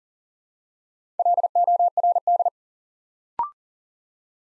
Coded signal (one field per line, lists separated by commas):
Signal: Morse code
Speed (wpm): 40 wpm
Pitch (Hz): 700 Hz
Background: none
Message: LORD